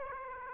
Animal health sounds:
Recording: mosquito wingbeat signal from an infrared sensor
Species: Aedes aegypti

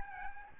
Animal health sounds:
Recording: mosquito wingbeat signal from an infrared sensor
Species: Aedes albopictus

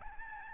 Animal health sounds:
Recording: mosquito wingbeat signal from an infrared sensor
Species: Aedes albopictus

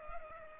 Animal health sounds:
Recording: mosquito wingbeat signal from an infrared sensor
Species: Culex pipiens

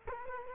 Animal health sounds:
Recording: mosquito wingbeat signal from an infrared sensor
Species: Culex quinquefasciatus

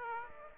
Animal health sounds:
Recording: mosquito wingbeat signal from an infrared sensor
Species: Aedes aegypti

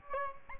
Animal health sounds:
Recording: mosquito wingbeat signal from an infrared sensor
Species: Aedes albopictus

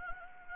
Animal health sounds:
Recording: mosquito wingbeat signal from an infrared sensor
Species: Anopheles gambiae

